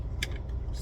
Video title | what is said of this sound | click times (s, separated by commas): How I Set Up My Ham Radio In My Truck! | and the whole thing should slide together and snap in place. | 0.2 s